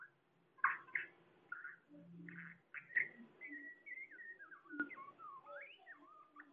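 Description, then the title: Bird song mixing sharp chirps and short buzzy bursts with looping whistled phrases that rise and dip, a low buzzing note and a brief click partway through. "SuaraBurung Kicau"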